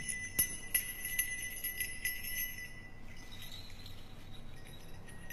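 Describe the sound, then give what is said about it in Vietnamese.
A small hand bell, shaken by a sorcerer during a ritual in time with his chanted incantation, jingles quickly in bright, rapid metallic tinkles for about three seconds, with a couple of sharper clinks, then fades out, leaving a low, steady background hum. “Tiếng thanh kiếm gỗ chém gió vun vút hòa vào những tiếng leng keng từ quả chuông trên tay của lão thầy pháp.”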